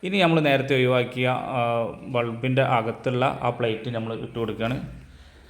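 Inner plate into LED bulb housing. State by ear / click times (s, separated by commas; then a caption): not seated / none. The inner plate that was removed earlier from an LED bulb housing is being put back in, while a man talks throughout with no distinct tick or click standing out. The clip ends before the part goes home, and nothing has seated yet.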